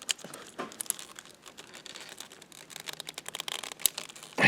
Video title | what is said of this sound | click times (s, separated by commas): Kawasaki Z900RS Stage 2 Tune " Part 3" Holeshot Dale Walker | that so it does have the seal in there you heard it snap make sure it's snapped good | 0.1 s, 0.8 s, 0.9 s, 3.5 s, 3.9 s